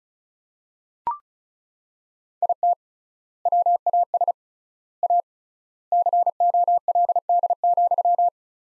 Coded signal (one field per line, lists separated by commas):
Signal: Morse code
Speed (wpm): 36 wpm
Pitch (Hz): 700 Hz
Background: none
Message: IT WAS A COLD,